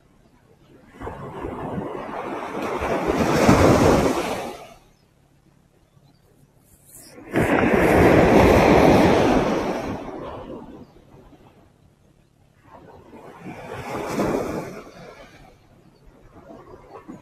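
Waves wash in three times, each a rough, hissing surge that swells and fades: around 1 to 5 seconds, 7 to 11, and a softer one from 13 to 16. Near-silence fills the gaps, with a faint low hum underneath.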